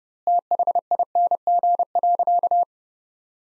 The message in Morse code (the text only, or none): THING.